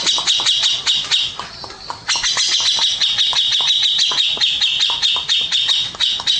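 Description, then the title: Grey-cheeked bulbul chattering in fast, harsh bursts, briefly softer just before the two-second mark and then louder and steadier, with rasping, squawky notes packed closely together. "Cucak Jenggot"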